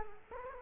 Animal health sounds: mosquito wingbeat signal from an infrared sensor; Culex quinquefasciatus

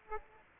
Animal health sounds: mosquito wingbeat signal from an infrared sensor; Aedes aegypti

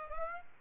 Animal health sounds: mosquito wingbeat signal from an infrared sensor; Aedes aegypti

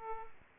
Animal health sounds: mosquito wingbeat signal from an infrared sensor; Aedes aegypti

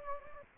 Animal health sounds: mosquito wingbeat signal from an infrared sensor; Anopheles gambiae

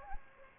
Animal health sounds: mosquito wingbeat signal from an infrared sensor; Aedes aegypti

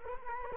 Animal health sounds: mosquito wingbeat signal from an infrared sensor; Culex quinquefasciatus

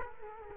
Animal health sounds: mosquito wingbeat signal from an infrared sensor; Culex quinquefasciatus

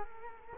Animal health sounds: mosquito wingbeat signal from an infrared sensor; Culex quinquefasciatus

